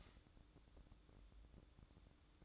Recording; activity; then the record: daily activity, microphone in the room; start toaster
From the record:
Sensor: 3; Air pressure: 1007.2 hPa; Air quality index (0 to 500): 55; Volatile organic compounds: 1 ppm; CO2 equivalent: 593 ppm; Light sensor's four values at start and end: 8/18/7/7 and 8/18/7/7